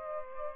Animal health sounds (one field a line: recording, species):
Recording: mosquito wingbeat signal from an infrared sensor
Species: Aedes aegypti